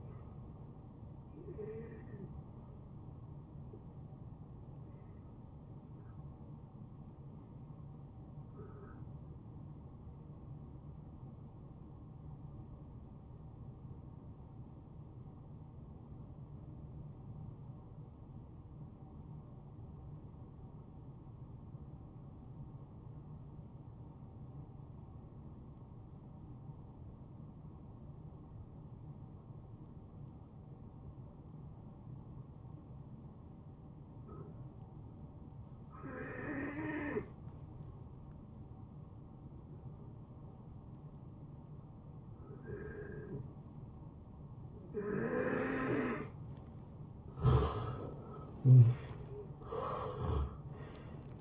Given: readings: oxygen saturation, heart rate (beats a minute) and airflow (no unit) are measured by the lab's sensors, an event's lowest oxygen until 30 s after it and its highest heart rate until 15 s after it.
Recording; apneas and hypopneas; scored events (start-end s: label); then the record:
breathing in sleep by a smartphone at the bedside; 1
7.00-45.50 s: hypopnea (N2, oxygen 93% highest, then 82% lowest)
32.00-51.41 s: new sleep stage, N1 (lightest sleep)
From the record:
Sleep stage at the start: N2 (light sleep); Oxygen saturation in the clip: 83 to 93%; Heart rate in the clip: 62 to 77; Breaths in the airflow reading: 10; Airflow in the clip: -20.8 to 9.1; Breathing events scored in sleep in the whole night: 263 in 5.5 hours asleep